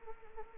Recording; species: mosquito wingbeat signal from an infrared sensor; Anopheles arabiensis